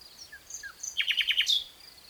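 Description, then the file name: Common nightingale song: a few faint high notes, then a quick run of five or six repeated chirps ending in a sharp bright burst, over a steady high drone. "Luscinia megarhynchos"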